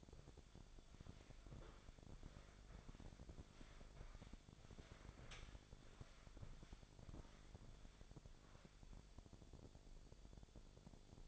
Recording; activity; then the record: daily activity, microphone in the room; walk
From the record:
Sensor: 5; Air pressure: 1000.6 hPa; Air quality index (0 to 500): 140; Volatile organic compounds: 2 ppm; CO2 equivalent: 1090 ppm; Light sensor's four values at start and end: 48/112/46/49 and 48/111/46/49